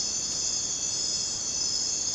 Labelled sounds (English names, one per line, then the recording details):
none
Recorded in dense forest near Puerto Asís, Putumayo, Colombia, on 19 June 2025 at 02:00
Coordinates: 0.484, -76.317
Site G045